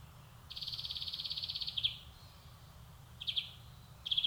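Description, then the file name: European greenfinch gives one long, even high trill, then two brief clipped trill fragments after a pause. "Chloris chloris"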